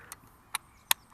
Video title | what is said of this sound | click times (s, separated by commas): Spego FQ777 Nano Quadcopter Drone Flight Test Review | just to click into place | 0.9 s